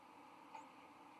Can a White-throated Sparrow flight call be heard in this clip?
no